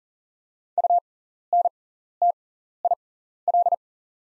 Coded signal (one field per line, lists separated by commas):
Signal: Morse code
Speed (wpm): 40 wpm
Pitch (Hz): 700 Hz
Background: none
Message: UNTIL